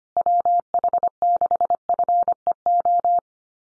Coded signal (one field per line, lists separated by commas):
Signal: Morse code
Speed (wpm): 25 wpm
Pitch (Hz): 700 Hz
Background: none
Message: WH6FEO